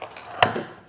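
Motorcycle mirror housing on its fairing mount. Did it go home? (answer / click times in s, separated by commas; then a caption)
released / 0.4 s. A Goldwing motorcycle mirror housing, set upside down on its fairing mount, is firmly pushed off its base. After two faint taps, the plastic mount lets go with a sharp, bright click at 0.4 seconds. A short rattle follows and then fades, and the housing is released from its mount.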